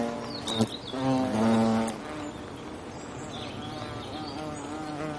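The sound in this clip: European hornet flight buzz, a deep humming drone that swells for about a second near the start, then continues softly in the background.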